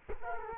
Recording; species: mosquito wingbeat signal from an infrared sensor; Culex quinquefasciatus